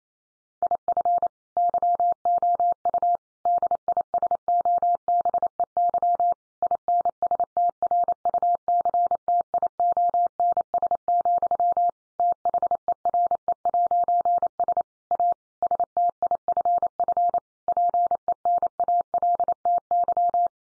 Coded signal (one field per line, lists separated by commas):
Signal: Morse code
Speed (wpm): 28 wpm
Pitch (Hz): 700 Hz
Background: none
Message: IF YOU DISOBEY INSTRUCTIONS, THERE'S A STIFF PENALTY